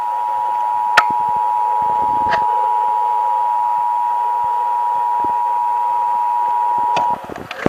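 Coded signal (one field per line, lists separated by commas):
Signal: Emergency Alert System (SAME) tones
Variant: 853 and 960 Hz attention tone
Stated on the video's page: Texas required monthly test as aired on several radio and TV stations.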